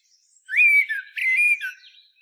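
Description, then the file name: Eurasian blackbird giving two drawn-out mellow whistles separated by a short break. "Turdus merula"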